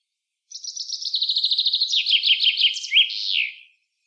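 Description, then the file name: Common chaffinch song, a quick rattling series of high notes that drops in steps and ends in a bright downward flourish, in quiet surroundings. "Fringilla coelebs"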